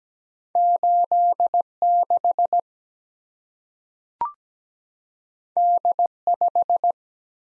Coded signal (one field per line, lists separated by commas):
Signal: Morse code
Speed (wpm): 17 wpm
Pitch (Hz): 700 Hz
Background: none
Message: 8 6 D 5